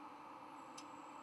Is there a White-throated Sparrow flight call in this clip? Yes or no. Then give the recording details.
no. No flight call is heard. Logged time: 04:20 on 5 November 2014